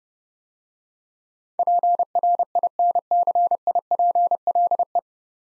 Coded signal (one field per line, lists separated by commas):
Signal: Morse code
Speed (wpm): 30 wpm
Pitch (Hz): 700 Hz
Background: none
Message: PRINCIPLE